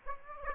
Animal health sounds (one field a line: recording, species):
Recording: mosquito wingbeat signal from an infrared sensor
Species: Aedes aegypti